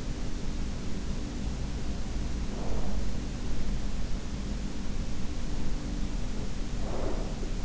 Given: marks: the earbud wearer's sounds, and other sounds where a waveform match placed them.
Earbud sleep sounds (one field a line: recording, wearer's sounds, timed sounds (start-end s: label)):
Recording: sounds in sleep by an in-ear microphone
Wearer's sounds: breath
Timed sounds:
1.41-3.31 s: breath
5.33-7.65 s: breath